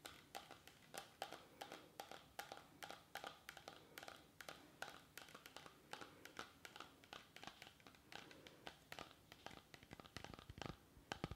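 Fast, fairly regular tapping, sharp clicks roughly several per second, with a quiet steady hum underneath.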